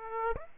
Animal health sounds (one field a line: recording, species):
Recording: mosquito wingbeat signal from an infrared sensor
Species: Aedes aegypti